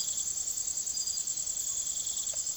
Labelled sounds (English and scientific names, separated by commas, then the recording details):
none
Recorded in secondary vegetation near Puerto Asís, Putumayo, Colombia, on 19 June 2025 at 04:00
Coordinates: 0.489, -76.322
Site G021